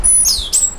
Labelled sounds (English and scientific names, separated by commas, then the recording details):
Stitchbird (Notiomystis cincta) song
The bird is a male
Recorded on Tiritiri Matangi Island, New Zealand, in 2005
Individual 1, of nest box 1